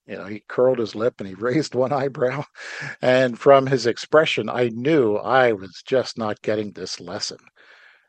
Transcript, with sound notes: You know, he curled his lip and he raised one eyebrow. (laughs) And from his expression, I knew I was just not getting this lesson.